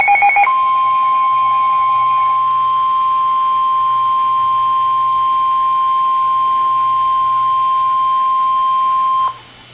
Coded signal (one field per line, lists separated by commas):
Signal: Emergency Alert System (SAME) tones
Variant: 1050 Hz attention tone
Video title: EAS Alert #37-38 - Severe Thunderstorm Warning #6-7 5/30/13